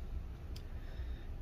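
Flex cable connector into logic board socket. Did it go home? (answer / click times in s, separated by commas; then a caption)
yes / 0.6 s. A flex cable connector inside a 2021 14-inch M1 MacBook Pro (A2442), being repaired after a coffee liquid spill left a sticky keyboard, is pressed down onto its logic board socket. A single short, sharp click is heard at 0.6 s over a low, steady background rumble, and someone talks. The connector seats, clicking into place.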